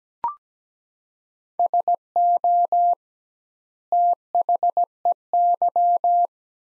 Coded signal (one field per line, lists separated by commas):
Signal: Morse code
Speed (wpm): 17 wpm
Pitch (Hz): 700 Hz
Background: none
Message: SO THEY